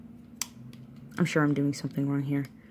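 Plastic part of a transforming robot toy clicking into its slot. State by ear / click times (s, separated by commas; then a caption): not seated / none. A plastic part of a transforming robot toy is handled and worked toward its slot, with a sharp tick at 0.4 s and a softer one near 0.7 s before someone talks over the fiddling. Nothing has seated or clicked into place yet.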